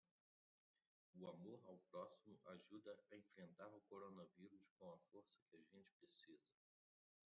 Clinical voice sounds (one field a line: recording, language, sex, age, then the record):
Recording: spoken sentence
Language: Brazilian Portuguese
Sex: male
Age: 30 to 39 years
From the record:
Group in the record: control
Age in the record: 32 years